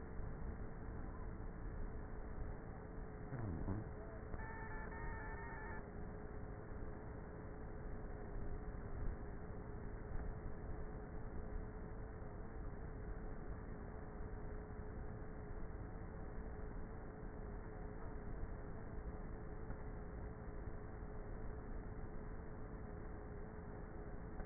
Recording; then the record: honeybee colony, microphone inside the hive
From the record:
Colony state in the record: queenless with a low population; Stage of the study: before two queens were removed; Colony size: about 30,000 bees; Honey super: no